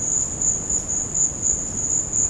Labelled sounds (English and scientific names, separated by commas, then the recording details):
none
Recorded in secondary vegetation near Puerto Asís, Putumayo, Colombia, on 12 March 2025 at 16:30
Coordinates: 0.481, -76.318
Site G097